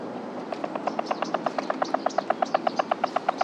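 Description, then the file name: Columbia spotted frog call: a rapid series of clucking pulses that grow slightly louder toward the end, with faint chirps above. "rluteiventris"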